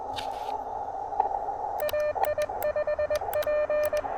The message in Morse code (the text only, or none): AI5P